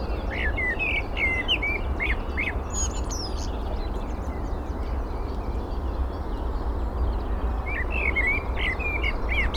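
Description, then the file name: Eurasian blackbird giving warbled phrases, two bursts at the start and near the end, among higher chirping of other birds over a steady low rumble. "Turdus merula"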